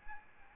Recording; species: mosquito wingbeat signal from an infrared sensor; Aedes albopictus